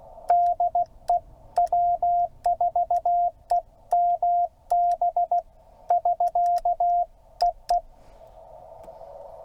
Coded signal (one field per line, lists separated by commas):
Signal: Morse code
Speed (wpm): 16 wpm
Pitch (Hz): 700 Hz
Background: radio noise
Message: DE W4EMB <SK> EE